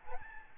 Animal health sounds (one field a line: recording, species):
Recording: mosquito wingbeat signal from an infrared sensor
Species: Aedes albopictus